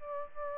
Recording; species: mosquito wingbeat signal from an infrared sensor; Aedes albopictus